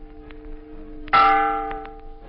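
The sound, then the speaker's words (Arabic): A single stroke of a ship's bell, the first bell calling passengers to board the steamship, rings out sharply and hangs in a long, bright, metallic decay with steady overtones, sounding alone over a faint background hum. “هذا أول ناقوس للتنبيه بالصعود إلى سطح الباخرة”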